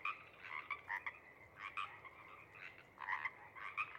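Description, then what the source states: Pacific Chorus Frogs giving brief ribbits in scattered bursts, a few callers overlapping, with gaps between groups of calls. First frogs of a pod calling tentatively around sunset after coming up from overnight burrows; recorded night of April 21–22, 2019, Sinlahekin Valley.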